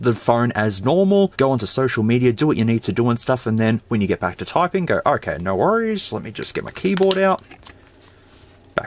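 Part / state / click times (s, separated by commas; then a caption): keyboard cover onto smartphone front / seated / 8.8 s. A plastic slide-out keyboard cover is pressed onto the front of a Samsung Galaxy S7 smartphone while someone talks. After the talking stops there is a quiet stretch, then one sharp, loud click at 8.8 s as the cover seats into place.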